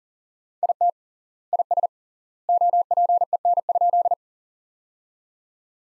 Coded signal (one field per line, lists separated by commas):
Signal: Morse code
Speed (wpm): 40 wpm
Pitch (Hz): 700 Hz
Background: none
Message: IT IS OPEN?